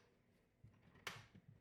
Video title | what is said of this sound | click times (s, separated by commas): BEST MONITOR EVER? Samsung Smart Monitor M9 REVIEW | it literally just clicks into place. | 1.1 s